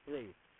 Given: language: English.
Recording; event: throat vibration sensor signal played as sound; speech